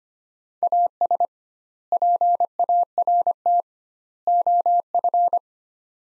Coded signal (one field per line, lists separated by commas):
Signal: Morse code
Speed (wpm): 25 wpm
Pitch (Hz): 700 Hz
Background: none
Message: AS PART OF